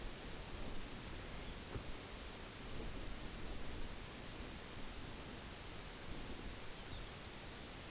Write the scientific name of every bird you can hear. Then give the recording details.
Calcarius lapponicus. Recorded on Arctic tundra, site UTQI-0, on 14 June 2019. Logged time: 14:00